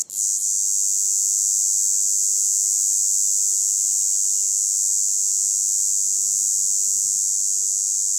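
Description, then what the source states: Red cicada song: a continuous shrill, hissing buzz after a brief break at the start, while a few short bird notes sound briefly in the middle. Tibicina haematodes; recorded 27 June 2018 on forested Plateau de Lesches-en-Diois, France; singing for over a week, heralding hot summer days; Nagra Seven recorder, MKH8040 microphone on boom pole.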